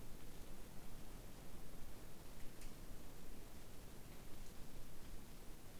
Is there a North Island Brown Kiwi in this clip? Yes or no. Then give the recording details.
no. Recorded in New Zealand on 8 January 2015. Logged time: 01:58. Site BX23